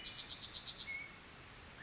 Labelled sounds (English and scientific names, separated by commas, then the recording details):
Bewick's Wren (Thryomanes bewickii)
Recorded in Sonoma County, California